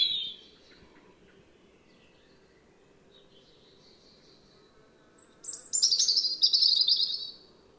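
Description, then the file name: European robin: a short high note at the start, then after a long gap a loud burst of rapid high notes. "Erithacus rubecula"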